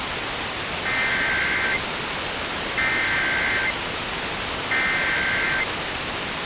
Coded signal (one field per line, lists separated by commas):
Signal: Emergency Alert System (SAME) tones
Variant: header bursts